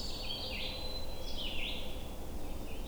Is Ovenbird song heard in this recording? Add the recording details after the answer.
no. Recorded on 21 June 2016 at 07:28. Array SBT-6-76